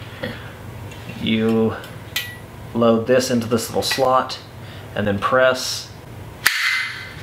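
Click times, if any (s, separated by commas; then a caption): 6.5 s. Someone talks while unfolding a folding buck saw and loading the end of its 21-inch blade into a small slot in the frame, then pressing it home. A single sharp snap at 6.5 s marks the blade seating and locking in place under the frame's spring retention.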